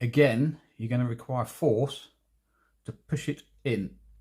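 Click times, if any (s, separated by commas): none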